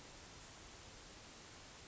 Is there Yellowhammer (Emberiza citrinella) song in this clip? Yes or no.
no